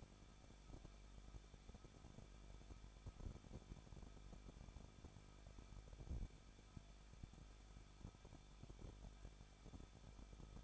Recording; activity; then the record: daily activity, microphone in the room; no activity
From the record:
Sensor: 5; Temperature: 20.9 degrees Celsius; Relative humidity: 38.2%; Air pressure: 1006.4 hPa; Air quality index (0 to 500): 188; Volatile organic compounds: 18 ppm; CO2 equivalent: 2636 ppm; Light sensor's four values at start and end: 2/3/1/1 and 2/3/1/1